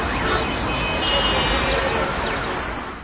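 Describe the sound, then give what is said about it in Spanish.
A dense, steady roar of city traffic at the intersection of Avenida Naciones Unidas and Avenida de los Chiles in Quito at 8:50 a.m., with a sweeping siren tone rising and falling over the rumble of engines and a faint murmur of voices. “Quito, Avenida Naciones Unidas y Avenida de los Chiles, 8:50 a.m.”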